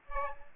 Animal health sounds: mosquito wingbeat signal from an infrared sensor; Aedes aegypti

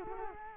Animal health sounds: mosquito wingbeat signal from an infrared sensor; Culex quinquefasciatus

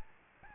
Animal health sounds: mosquito wingbeat signal from an infrared sensor; Aedes albopictus

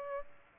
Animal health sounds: mosquito wingbeat signal from an infrared sensor; Aedes aegypti

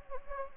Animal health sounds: mosquito wingbeat signal from an infrared sensor; Anopheles gambiae

